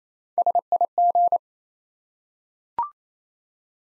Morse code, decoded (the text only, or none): SIG